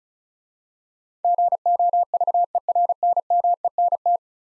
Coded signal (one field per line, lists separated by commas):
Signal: Morse code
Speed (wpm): 35 wpm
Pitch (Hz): 700 Hz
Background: none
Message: GOVERNMENT